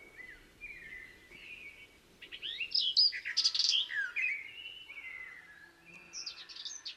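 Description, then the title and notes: Warbler song: soft notes building into a loud, fast, varied warbling burst, then softer trailing phrases. Discreet in plumage but a marvellous singer. "Observation sonore - La Fauvette des jardins. Rencontre avec la Fauvette des jardins (Sylvia borin)"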